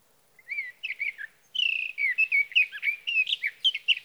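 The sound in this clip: Sage thrasher song, a fast run of warbled, slurred whistled notes, starting with a few spaced phrases, then a continuous jumbled stream after a short pause.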